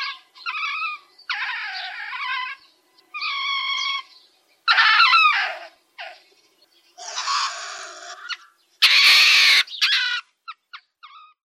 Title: Baummarder